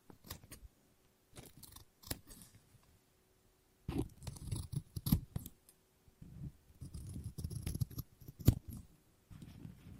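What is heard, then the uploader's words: Scissors snip and cut through paper in irregular bursts, with sharp clicks of the blades closing at about 2, 5 and 8.5 seconds. Rustling, crunchy cutting fills longer stretches from 4 to 6 and 6.5 to 8.5 seconds, separated by brief silences. ASMR Scissors No Talking Snips and Cutting Paper.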